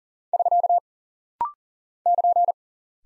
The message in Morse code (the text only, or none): <SK> <KN>